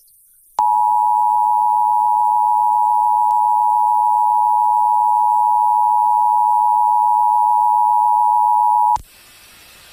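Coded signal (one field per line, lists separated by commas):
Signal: Emergency Alert System (SAME) tones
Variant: 853 and 960 Hz attention tone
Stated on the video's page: Tornado Warning on a 95.7 MHz Top 40 FM station, 16.5 kW, received via SDR.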